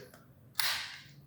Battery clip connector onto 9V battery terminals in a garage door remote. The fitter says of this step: You'll just push both sides in until it snaps into place.